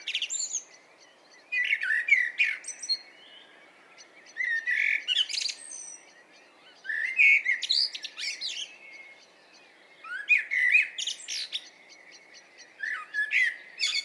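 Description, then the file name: Common blackbird singing several short phrases, each mixing mellow fluted notes with a high, squeaky twitter. "Turdus merula"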